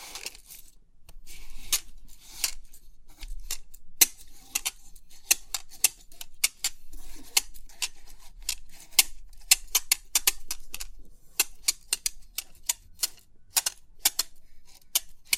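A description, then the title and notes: Pin art being pressed and tapped, giving a stream of crisp, bright clicks and ticks like typewriter keys. The taps come irregularly, sometimes in quick clusters, sometimes singly, with a low steady hum underneath throughout the fifteen seconds. Crisp 3D Pin Art Tingles(No Talking).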